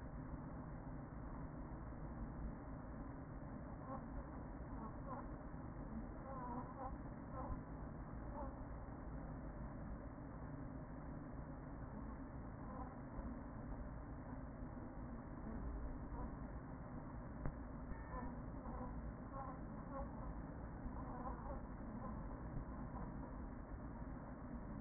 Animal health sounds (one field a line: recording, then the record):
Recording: honeybee colony, microphone inside the hive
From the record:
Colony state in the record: queen present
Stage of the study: after two queens were removed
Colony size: about 40,000 bees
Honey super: no